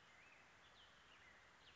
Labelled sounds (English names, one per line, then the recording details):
Black-headed Grosbeak
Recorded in Sonoma County, California